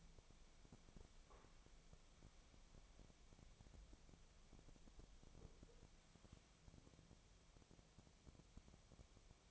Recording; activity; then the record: daily activity, microphone in the room; wipe stove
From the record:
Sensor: 1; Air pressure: 1007.1 hPa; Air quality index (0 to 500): 204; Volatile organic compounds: 22 ppm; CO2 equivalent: 2749 ppm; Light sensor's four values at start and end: 13/33/13/14 and 13/32/13/14